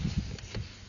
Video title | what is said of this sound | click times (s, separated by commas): Replace Your Mercury 4-stroke's Fuel Filter (175hp+) With These Steps! | There we go. I heard it click. | 0.4 s, 0.5 s